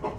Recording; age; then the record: pig call; growing-finishing pig (85 days or more)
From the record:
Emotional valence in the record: positive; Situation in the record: run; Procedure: transit